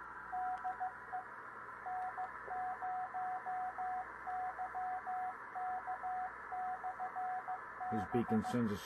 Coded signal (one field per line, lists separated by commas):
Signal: Morse code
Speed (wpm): 15 wpm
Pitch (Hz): 740 Hz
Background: radio noise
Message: DE N0YK/B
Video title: N0YK Beacon In DM98